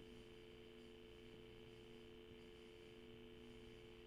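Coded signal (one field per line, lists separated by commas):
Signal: telephone call progress tone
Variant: North America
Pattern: dial tone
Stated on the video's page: Heard over a POTS landline or VoIP phone line with a US Robotics 56K dial-up modem.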